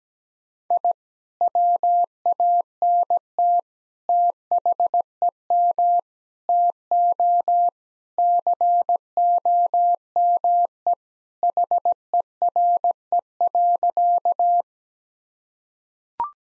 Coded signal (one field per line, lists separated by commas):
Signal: Morse code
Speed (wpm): 17 wpm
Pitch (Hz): 700 Hz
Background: none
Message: I WANT THEM TO COME HERE.